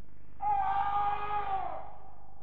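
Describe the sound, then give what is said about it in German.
A single high-pitched scream rings out for just over a second, holding a steady, piercing pitch before sliding down and fading away, with no talking around it. “Der Schrei kam aus dem Wanzenhaus.”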